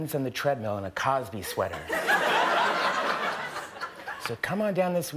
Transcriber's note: laughter